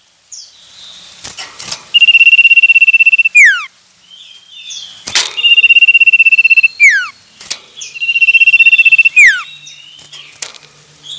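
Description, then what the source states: Common iora gives three sustained buzzy trills at a level high pitch, each about a second long and ending in a quick descending whistle. Male.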